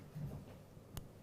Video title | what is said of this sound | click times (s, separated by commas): JewelleryMaker LIVE 10/05/2016 4pm-9pm | the click test can you hear it | 1.0 s